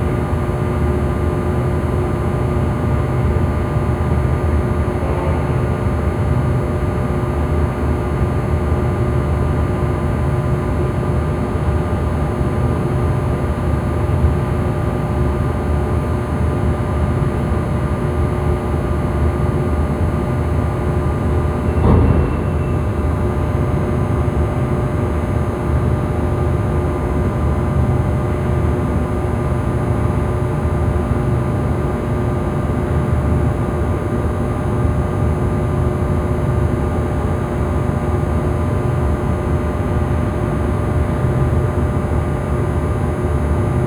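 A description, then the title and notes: Inside an industrial building stairwell, a steady low rumble of machinery fills the air without letup, with several fixed hums layered over it. Around 22 seconds a single brief knock or thud stands out; otherwise the drone stays level throughout. Industrial Building Stairwell.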